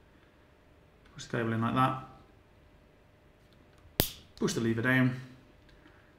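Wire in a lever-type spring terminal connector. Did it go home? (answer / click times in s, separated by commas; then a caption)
yes / 4.0 s. A stripped power cable is pushed into a spring-loaded lever-type terminal connector and the plastic lever is pressed down, giving one sharp snap at 4.0 seconds as it locks into place. Someone talks before and after the snap.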